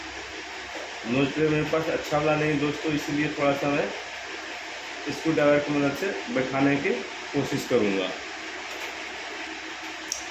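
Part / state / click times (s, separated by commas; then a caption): circlip on a motorcycle gearbox shaft / seated / 10.1 s. Someone talks while rebuilding a Hero Splendor motorcycle gearbox, using pliers to press a metal circlip onto the gear shaft so the gear cannot come out. After the talking, a short sharp snap at 10.1 seconds marks the circlip seating in its groove, locking it in place.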